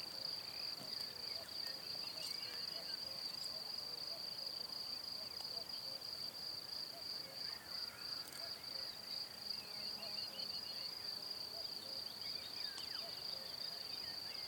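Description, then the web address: Cricket producing a continuous high trill throughout, over a hissy background. "Kurs PTTK Przyroda Ptaki Świerszcze"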